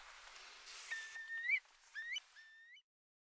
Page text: Eurasian Curlew Calls, Quick Sounds